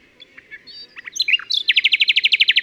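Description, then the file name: Common nightingale singing: soft scattered notes build into a fast, loud trill of repeated pulses that carries to the end. "Luscinia megarhynchos"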